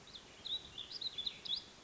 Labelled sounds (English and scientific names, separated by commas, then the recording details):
Warbling Vireo (Vireo gilvus)
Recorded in Sonoma County, California